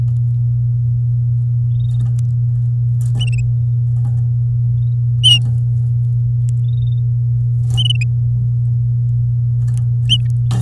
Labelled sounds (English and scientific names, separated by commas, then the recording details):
Domestic Canary (Serinus canaria) song
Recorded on 11 May 2018 at 08:58
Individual llb16